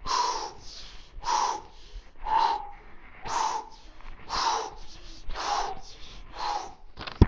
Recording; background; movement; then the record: deep breathing; quiet; walking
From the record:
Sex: male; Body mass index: 22.0 kg/m2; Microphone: on the chest, facing the body